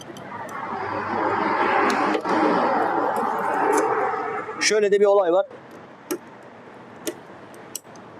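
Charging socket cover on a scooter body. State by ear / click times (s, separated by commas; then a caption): seated / 7.8 s. Someone talks while the protective cover over the phone charging socket on a Kuba Brillant 50 Pro scooter body is closed and locked shut so rain cannot get in. A few sharp clicks follow in a quieter stretch, with the cover seating and locking at 7.8 s.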